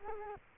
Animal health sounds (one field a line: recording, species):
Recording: mosquito wingbeat signal from an infrared sensor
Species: Culex quinquefasciatus